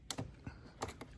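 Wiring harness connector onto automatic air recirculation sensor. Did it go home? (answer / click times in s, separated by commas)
yes / 0.1 s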